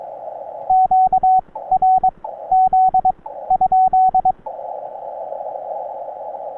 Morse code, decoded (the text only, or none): QRZ ?